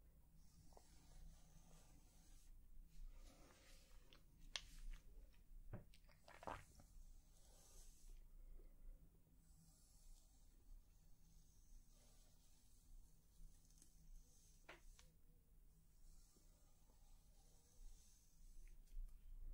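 Soft brushing on a face comes in hissy sweeps, with quiet touching and small taps throughout. Sharper taps stand out near five, six and a half, and fifteen seconds. A low steady hum runs underneath the whole time.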